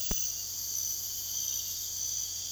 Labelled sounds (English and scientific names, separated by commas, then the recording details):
none
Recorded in secondary vegetation near Puerto Asís, Putumayo, Colombia, on 29 June 2025
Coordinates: 0.488, -76.319
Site G094